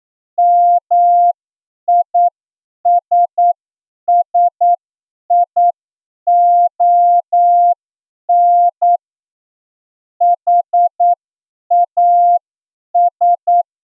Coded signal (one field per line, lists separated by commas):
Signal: Morse code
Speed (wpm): 9 wpm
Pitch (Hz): 700 Hz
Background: none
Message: MISSION HAS